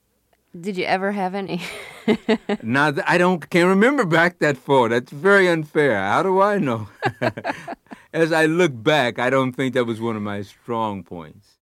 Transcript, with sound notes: Did you ever have any (laughter)?
Now, I don't - can't remember back that far. That's very unfair. How do I know?
(LAUGHTER)
As I look back, I don't think that was one of my strong points.